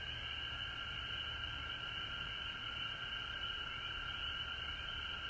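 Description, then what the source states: Frogs calling in a dense, steady chorus of high trilling notes, with a constant hum underneath. Frogs recorded at home in Georgia on March 19, 2020.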